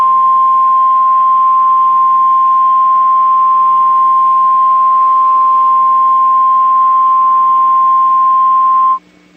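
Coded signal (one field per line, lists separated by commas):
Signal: Emergency Alert System (SAME) tones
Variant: 1050 Hz attention tone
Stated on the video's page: Mock severe weather statement sent statewide to all Wisconsin stations as part of a tornado drill.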